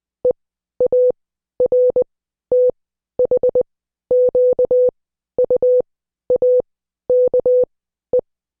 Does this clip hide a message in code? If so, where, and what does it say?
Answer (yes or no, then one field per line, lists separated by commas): yes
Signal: Morse code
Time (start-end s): 0.2-8.2 s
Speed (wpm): 20 wpm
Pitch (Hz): 500 Hz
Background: none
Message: EARTHQUAKE